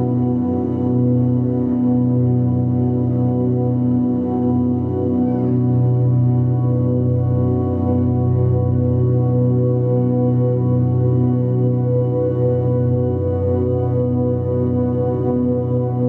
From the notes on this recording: chakra friendly tones and vibrations